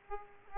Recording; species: mosquito wingbeat signal from an infrared sensor; Aedes aegypti